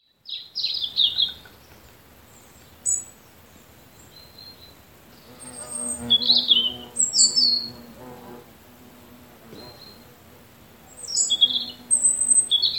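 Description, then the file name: European robin singing thin, high, warbled phrases with sliding and trilled notes, each phrase brief and followed by a pause, with a faint low hum beneath. "Erithacus rubecula"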